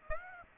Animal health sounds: mosquito wingbeat signal from an infrared sensor; Aedes aegypti

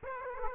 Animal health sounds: mosquito wingbeat signal from an infrared sensor; Aedes aegypti

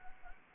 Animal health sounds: mosquito wingbeat signal from an infrared sensor; Anopheles arabiensis

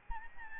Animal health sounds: mosquito wingbeat signal from an infrared sensor; Aedes albopictus

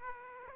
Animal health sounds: mosquito wingbeat signal from an infrared sensor; Aedes aegypti

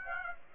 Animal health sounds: mosquito wingbeat signal from an infrared sensor; Aedes aegypti

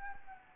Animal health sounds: mosquito wingbeat signal from an infrared sensor; Anopheles gambiae

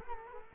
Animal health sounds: mosquito wingbeat signal from an infrared sensor; Culex quinquefasciatus

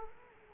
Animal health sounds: mosquito wingbeat signal from an infrared sensor; Culex quinquefasciatus

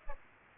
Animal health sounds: mosquito wingbeat signal from an infrared sensor; Aedes aegypti

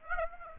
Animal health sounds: mosquito wingbeat signal from an infrared sensor; Aedes aegypti

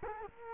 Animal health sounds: mosquito wingbeat signal from an infrared sensor; Culex quinquefasciatus

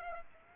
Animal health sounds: mosquito wingbeat signal from an infrared sensor; Aedes aegypti

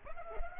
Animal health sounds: mosquito wingbeat signal from an infrared sensor; Culex pipiens

